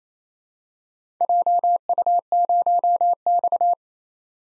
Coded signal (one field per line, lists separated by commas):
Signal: Morse code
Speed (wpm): 32 wpm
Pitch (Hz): 700 Hz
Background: none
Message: JU0X